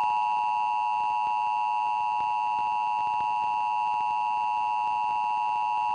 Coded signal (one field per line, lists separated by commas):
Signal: Emergency Alert System (SAME) tones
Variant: 853 and 960 Hz attention tone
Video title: Local Forecast with National EAS Test - 11/9/11